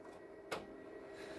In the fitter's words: until it clicks now it's clicked we can turn that up thumb tight